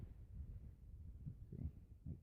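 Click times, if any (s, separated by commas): none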